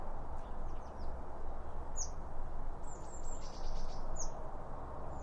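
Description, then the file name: Birds calling with quick high whistles and sharp chirps over a continuous low background rumble. Birds around a bird feeder, recorded with two Line Audio OM1 microphones. "Birds Around Birdfeeding With Two Om 1 From Line Audio"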